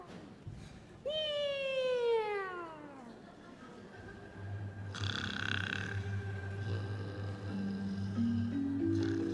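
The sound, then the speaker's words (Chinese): A cat lets out one long, drawn-out meow that slides downward in pitch, followed by a steady low hum and faint rising tones with no talking. “喵，我的小肉。”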